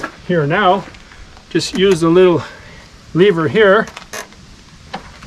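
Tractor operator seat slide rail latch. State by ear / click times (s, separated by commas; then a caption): not seated / none. Someone talks while handling the slide lever of a Kubota compact tractor's operator seat, which sits in its furthest-back position on its rails and is being moved forward for backhoe use. A few short, sharp mechanical knocks come from around 4.1 s and 5.0 s. Nothing has latched or clicked into place yet.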